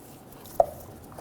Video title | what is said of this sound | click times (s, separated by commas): How to Replace Starter 2011-2014 Hyundai Sonata | push until you hear a click if you don't hear a click give it a pull and make sure it's locked on | 0.6 s